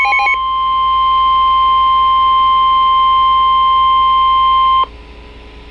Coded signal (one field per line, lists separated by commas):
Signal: Emergency Alert System (SAME) tones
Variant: 1050 Hz attention tone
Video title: Severe Thunderstorm Warning (EAS #44)